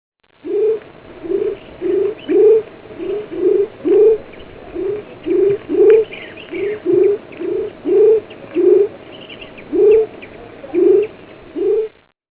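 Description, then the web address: Frog giving a long series of low, hooked notes in quick succession. "naturesongs frog"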